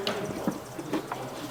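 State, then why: Not seated. Someone handles a fuel line quick connect as it is pushed toward the flex fuel sensor of a DSX flex fuel kit on a 2018 Camaro ZL1, making a few soft knocks and rustles, the sharpest at 0.1 s. Nothing has seated or clicked yet.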